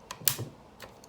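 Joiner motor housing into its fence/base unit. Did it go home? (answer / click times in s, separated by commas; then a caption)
yes / 0.3 s. The motor housing of a Festool Domino joiner is pushed along its guide legs onto the front fence/base assembly, with a faint tick at 0.1 s before a sharp click at 0.3 s. Softer ticks follow around 0.8 and 1.0 s, and the joiner's motor unit is now latched and locked onto its base.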